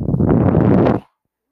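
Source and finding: Home mechanical ventilator. Home mechanical ventilator noise.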